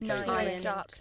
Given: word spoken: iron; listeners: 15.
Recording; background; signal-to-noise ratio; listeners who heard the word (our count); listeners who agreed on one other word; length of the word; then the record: one English word in noise, from a listening test; four-talker babble; -2.5 dB; 0 of 15; 6 of 15; 0.61 s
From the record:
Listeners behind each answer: 6, 2, 1, 1, 1, 1, 1, 1, 1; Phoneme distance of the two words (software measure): 24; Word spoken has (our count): 2 syllables, 3 phonemes, stress on syllable 1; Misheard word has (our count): 1 syllable, 3 phonemes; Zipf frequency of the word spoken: 4.52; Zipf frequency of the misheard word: 5.65